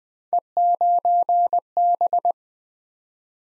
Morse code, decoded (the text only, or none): E9B